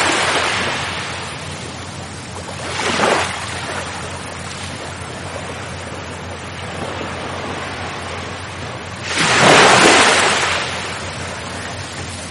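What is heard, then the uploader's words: Waves wash ashore under a steady hiss of sea breeze. A smaller wave breaks around three seconds, and a louder one crashes near the ten-second mark before fading. A low, constant hum sits beneath the surf throughout. Waves accompanied by gusts of sea breeze.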